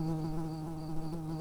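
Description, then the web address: Bumblebee buzz: a continuous low, even hum with steady pitch throughout, no other sounds heard. Worker bees. "bumblebees Pratorum-workers"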